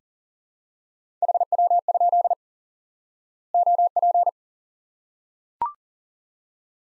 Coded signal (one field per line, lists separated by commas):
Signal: Morse code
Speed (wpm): 40 wpm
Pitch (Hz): 700 Hz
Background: none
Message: HW? OP